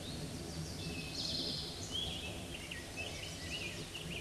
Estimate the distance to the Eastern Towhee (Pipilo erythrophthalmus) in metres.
about 45 m